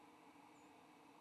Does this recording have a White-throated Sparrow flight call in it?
no